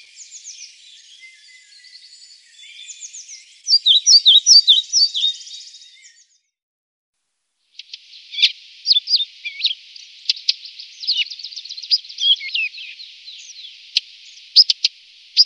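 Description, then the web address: European pied flycatcher song: two bouts of high, quick, twittering phrases with sharp chirps, separated by a short silence near the middle. "Faglar Sound Svartvit flugsnappare"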